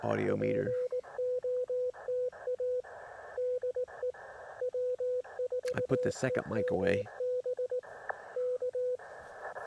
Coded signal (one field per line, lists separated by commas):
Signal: Morse code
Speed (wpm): 18 wpm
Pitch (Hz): 500 Hz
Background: speech, radio noise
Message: POTA DE W4EMB K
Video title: POTA in CW. (before the shut down)